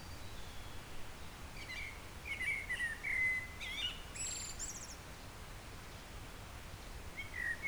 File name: Turdus merula